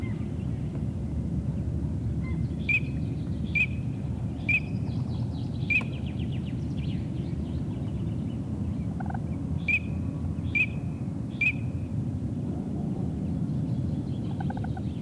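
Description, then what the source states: Eurasian teal giving short, high whistled calls in quick runs of three or four, with a few fainter lower notes between, over a continuous low rumble. Field recording from Finland, released on cassette in 1988.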